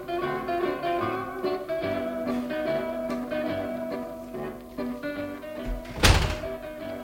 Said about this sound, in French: La porte de la prison s'était à peine refermée sur moi